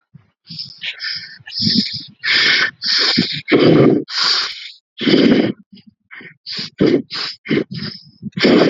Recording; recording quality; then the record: shallow breathing; excellent, no background noise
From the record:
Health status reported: healthy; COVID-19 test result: not tested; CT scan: not taken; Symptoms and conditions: none ticked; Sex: female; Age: 30 years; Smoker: no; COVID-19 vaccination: both doses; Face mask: not worn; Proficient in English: yes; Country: India